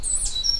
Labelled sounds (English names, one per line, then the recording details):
Stitchbird song
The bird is a male
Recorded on Tiritiri Matangi Island, New Zealand, in 2005
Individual 8, of nest box 10